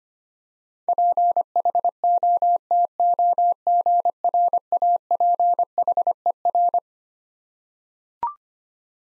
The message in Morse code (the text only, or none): PHOTOGRAPHER